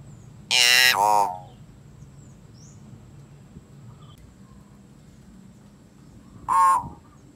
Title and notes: Kicau Burung Beo